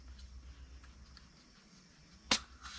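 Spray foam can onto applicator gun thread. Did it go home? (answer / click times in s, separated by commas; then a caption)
no / none. A FastCoat spray foam insulation can is screwed onto the threaded mount of its applicator gun, but the threads do not engage and the can cross-threads. Quiet low rumble and faint scraping lead to one sharp, loud knock at about 2.3 seconds, followed by a soft hiss. Nothing has seated or clicked into place yet.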